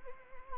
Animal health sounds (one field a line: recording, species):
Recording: mosquito wingbeat signal from an infrared sensor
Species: Anopheles arabiensis